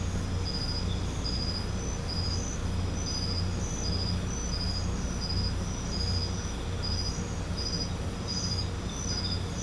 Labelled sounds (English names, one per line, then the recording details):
none
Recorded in pastures near Puerto Asís, Putumayo, Colombia, on 21 December 2024 at 22:30
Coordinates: 0.505, -76.324
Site G063